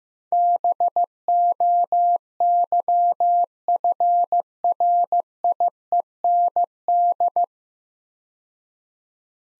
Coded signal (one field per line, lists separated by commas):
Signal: Morse code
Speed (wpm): 15 wpm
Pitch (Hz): 700 Hz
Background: none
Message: BOYFRIEND